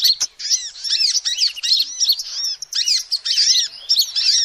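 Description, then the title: Lovebird twitter: rapid, high, scratchy squeaks in short runs separated by tiny gaps. Lovebird call used as a lure to trap birds. "PIKAT BURUNG LOVEBIRD"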